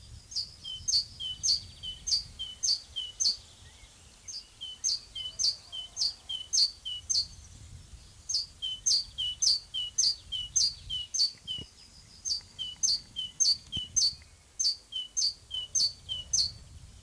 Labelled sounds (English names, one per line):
Great Tit